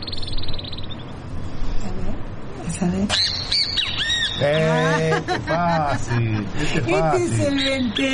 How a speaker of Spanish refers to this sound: Pero vamos a continuar con los pájaros, con los trinos de los pájaros. Por ejemplo, vamos a continuar con el venteveo, a ver qué tal.